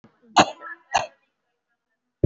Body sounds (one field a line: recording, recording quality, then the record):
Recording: heavy voluntary cough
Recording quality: excellent, no background noise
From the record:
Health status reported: respiratory illness, not identified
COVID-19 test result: negative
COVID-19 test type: RT-PCR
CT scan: taken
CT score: 0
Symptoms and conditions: cough, cold, breathing difficulty, pneumonia, another respiratory illness, another condition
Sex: female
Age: 37 years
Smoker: no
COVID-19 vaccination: none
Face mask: worn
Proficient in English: yes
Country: India